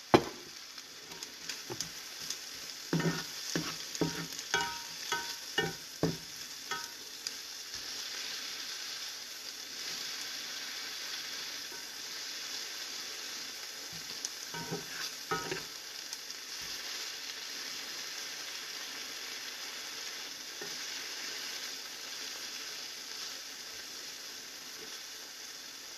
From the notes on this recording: Frying eggs and Bell Peppers